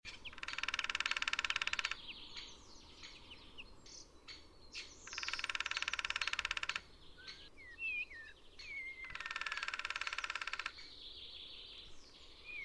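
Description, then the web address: Lesser spotted woodpecker drumming: three long, even, rapid rolls, with whistled and chirping notes from other birds between them. "Hackspett ljud Mindre"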